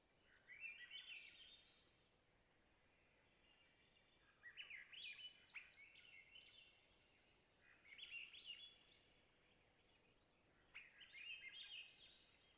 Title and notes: Swainson's Thrush - Catharus Ustulatus. Location: Long Lake, Talkeetna, AK